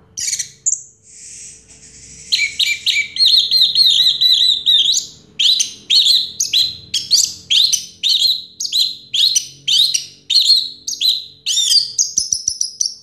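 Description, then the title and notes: Orange-headed thrush delivering a long, rapid song of clipped, repeated whistled phrases, about two per second, bright and high-pitched throughout. Song in the teler style, described as clear-voiced; from a complete collection of this species' sounds. "Anis Merah Teler Suara Jernih. kumpulan suara anis merah lengkap"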